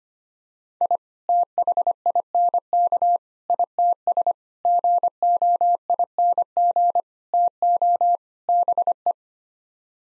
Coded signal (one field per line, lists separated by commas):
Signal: Morse code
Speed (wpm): 25 wpm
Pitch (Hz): 700 Hz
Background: none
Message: I THINK ITS GOING TO BE